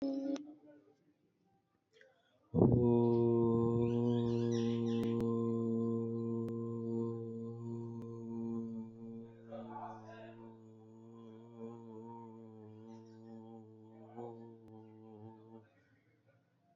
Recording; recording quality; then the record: sustained vowel as in boot; excellent, no background noise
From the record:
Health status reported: COVID-19 positive, mild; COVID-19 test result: positive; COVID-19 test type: RT-PCR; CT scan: not taken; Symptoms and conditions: cold, sore throat, fever, fatigue, muscle pain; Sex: male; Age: 26 years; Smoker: no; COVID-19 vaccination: both doses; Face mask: not worn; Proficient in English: yes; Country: India